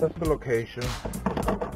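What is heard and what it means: Someone talks while a Garmin Striker 4 fish finder display unit is handled against its plastic swivel mount base on a boat, with a few short knocks near the end. Nothing has snapped or seated into the mount yet.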